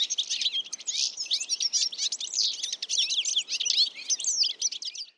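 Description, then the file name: European Goldfinch calls, a dense stream of bright twittering and tinkling notes, continuous with brief dips, with no other clear sounds. "Carduelis carduelis"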